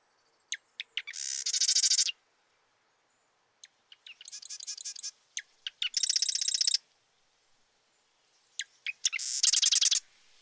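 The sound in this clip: Marsh wren song: a few clicking notes then a loud, fast reeling rattle, repeated three times, with a quieter buzzy phrase between the first two.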